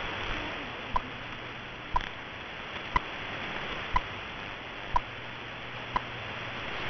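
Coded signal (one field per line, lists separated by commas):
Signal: radio time signal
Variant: BPM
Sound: short sharp ticks once per second, seven in all, over steady radio hiss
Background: radio static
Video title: BPM Chinese Academy of Sciences 10000 kHz - Xian (CHN) - 2023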